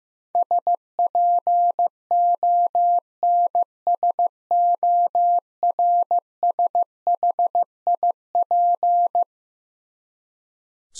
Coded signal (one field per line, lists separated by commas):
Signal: Morse code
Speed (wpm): 15 wpm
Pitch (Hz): 700 Hz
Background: none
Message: SPONSORSHIP